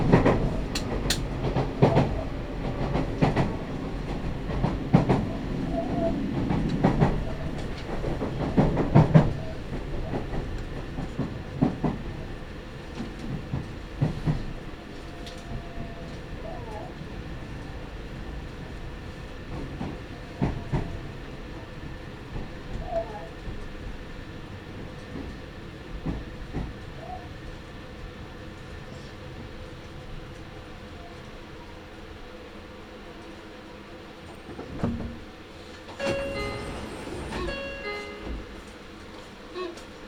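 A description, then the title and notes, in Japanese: Inside a train at a terminus, seat backs are flipped over with repeated sharp bangs and knocks, thickest in the first fifteen seconds over a low rumble. The car then settles into a quiet hum with occasional thumps, and a brief bright clatter near 36 seconds. 名古屋鉄道 豊川線 特急 豊川稲荷→国府。朝２本だけ走っている特急列車に乗ってみました。とはいえ各駅に停まって国府まで進むのでゆっくりです。折り返し列車なので到着すると座席の向きをバタンバタンと変えながら座席確保をしていきます。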